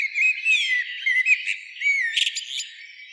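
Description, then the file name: Common blackbird song, mellow fluted whistles sliding up and down, broken by short squeaky high twitters near the end. "Turdus merula"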